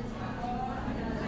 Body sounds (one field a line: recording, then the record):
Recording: background sound without coughing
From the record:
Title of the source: 60 minutes of coffee shop sounds for study and concentration